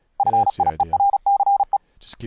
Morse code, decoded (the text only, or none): FIERCE